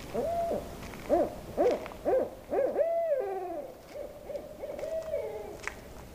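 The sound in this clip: Owl calling in a rhythmic series of clipped hoots, around two per second, briefly merging into a longer note, then continuing more softly with further hoots.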